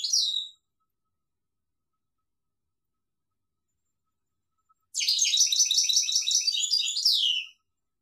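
European goldfinch song: a brief high phrase, a long pause, then a burst of rapid, tinkling twitters ending in a falling slur.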